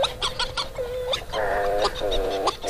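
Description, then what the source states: Hawaiian petrel calls: nasal, honking notes held in two drawn-out bursts, with a choppy, sputtering sound before them. Endangered species once thought extinct or nearly so; some nest in burrows in lava tubes under the lava fields of Mauna Loa, an active volcano.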